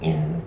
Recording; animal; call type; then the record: contact call of a hoofed animal; pig; closed-mouth grunt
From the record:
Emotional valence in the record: negative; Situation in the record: short social isolation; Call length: 0.47 s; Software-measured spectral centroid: 1810 Hz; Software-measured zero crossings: 590 a second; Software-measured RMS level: -24 dBFS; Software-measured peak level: -11 dBFS